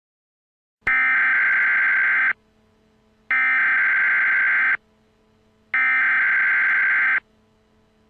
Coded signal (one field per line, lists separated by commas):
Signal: Emergency Alert System (SAME) tones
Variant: header bursts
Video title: The Red Sun (May 2020) (EAS Scenario)